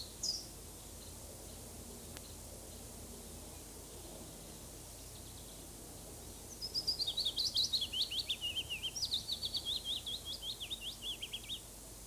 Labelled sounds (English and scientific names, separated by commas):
Willow Warbler (Phylloscopus trochilus) song